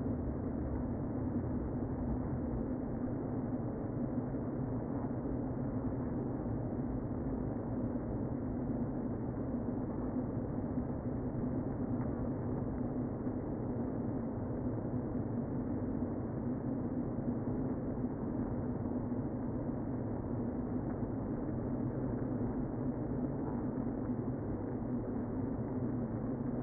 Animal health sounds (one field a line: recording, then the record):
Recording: honeybee colony, microphone inside the hive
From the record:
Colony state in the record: queen present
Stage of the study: before two queens were removed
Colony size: about 60,000 bees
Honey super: yes